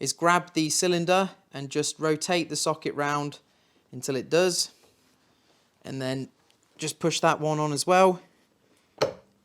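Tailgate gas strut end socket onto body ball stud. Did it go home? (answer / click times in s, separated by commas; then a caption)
yes / 9.0 s. Someone talks while the bottom end socket of a tailgate gas strut on a Renault Clio 2 is rotated into line and pushed onto the ball stud on the car body. A sharp click at 9.0 s marks the socket snapping onto the stud, seating it securely.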